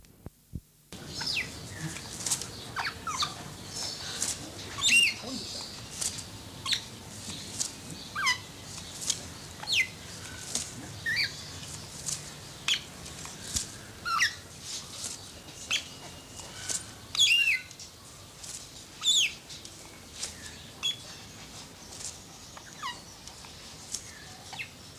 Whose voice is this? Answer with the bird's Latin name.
Coracopsis vasa